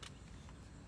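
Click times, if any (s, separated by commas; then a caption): none. A plastic spray nozzle for a Chemical Guys foam gun is being lined up with the small grooves on the foam gun body and pushed in. A short sharp tick comes at 0.0 s over a steady low rumble, with a fainter tick near 0.5 s. The part is still being handled, and nothing has seated or clicked into place yet.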